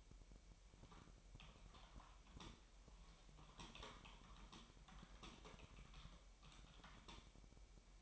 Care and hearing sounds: daily activity, microphone in the room; typing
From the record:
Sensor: 1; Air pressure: 1002.0 hPa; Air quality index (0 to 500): 244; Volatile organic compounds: 49 ppm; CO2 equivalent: 3285 ppm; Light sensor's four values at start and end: 8/29/11/12 and 8/29/11/12

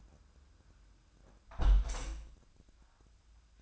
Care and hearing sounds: daily activity, microphone in the room; close window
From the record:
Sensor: 2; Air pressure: 1004.5 hPa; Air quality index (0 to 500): 72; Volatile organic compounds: 1 ppm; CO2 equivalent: 838 ppm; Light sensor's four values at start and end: 6/14/5/6 and 6/14/5/5

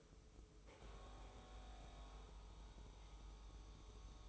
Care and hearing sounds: daily activity, microphone in the room; make coffee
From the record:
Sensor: 1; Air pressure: 995.1 hPa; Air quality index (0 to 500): 34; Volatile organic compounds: 1 ppm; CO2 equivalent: 610 ppm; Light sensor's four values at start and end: 17/56/21/23 and 16/55/20/22

